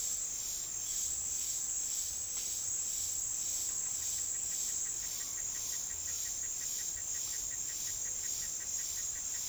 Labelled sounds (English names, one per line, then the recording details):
none
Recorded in dense forest near Puerto Asís, Putumayo, Colombia, on 8 March 2025 at 09:30
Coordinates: 0.503, -76.323
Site GP09